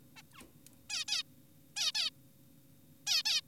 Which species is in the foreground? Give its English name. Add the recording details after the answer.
Zebra Finch. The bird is an adult. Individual g4p5U